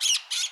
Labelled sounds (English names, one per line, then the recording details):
Brown-throated Parakeet contact call
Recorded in Curacao
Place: Hoffi Jan Thiel
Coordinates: 12.094, -68.877